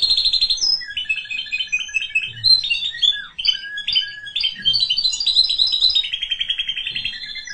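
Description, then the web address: Canary song: dense warbling run of chirps, slurred whistles and fast trills, ending in a rapid repeated rattle. "honarfardi Canary Sound"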